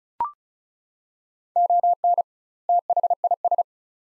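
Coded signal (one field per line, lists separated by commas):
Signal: Morse code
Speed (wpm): 36 wpm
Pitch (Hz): 700 Hz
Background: none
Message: ON THIS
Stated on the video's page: Head-copy drill of two-word groups at 35 wpm with 2x word spacing, Farnsworth-like; each set sent, spoken, then sent again.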